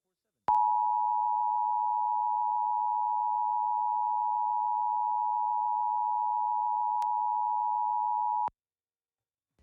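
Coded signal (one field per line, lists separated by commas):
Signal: Emergency Alert System (SAME) tones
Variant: 853 and 960 Hz attention tone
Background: speech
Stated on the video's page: Pennsylvania Required Monthly Test relayed over several TV and radio stations, including Altoona, Johnstown, Clearfield, Philadelphia and State College outlets.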